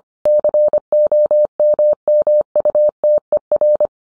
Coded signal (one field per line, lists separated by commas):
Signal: Morse code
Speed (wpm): 25 wpm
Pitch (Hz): 600 Hz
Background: none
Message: COMMUTER